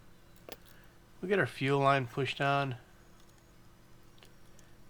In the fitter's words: there's a couple snaps on that that the carburetor actually snaps in place right there